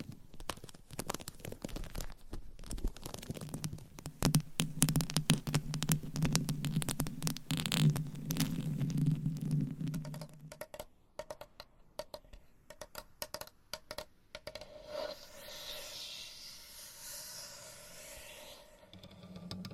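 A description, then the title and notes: Gentle tapping and scratching in quick, irregular clicks, dense through the first ten seconds with a low steady hum beneath them until about the ten-second mark. After that the taps thin out and scatter, giving way to a soft, airy hiss that rises toward the end. ASMR Tingly Gentle Tapping & Scratching to Help You Fall Asleep No Talking.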